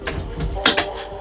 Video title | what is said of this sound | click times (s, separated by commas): New Rapido M96 Distinction - motorhome tour | I just clicks in the place now | 0.7 s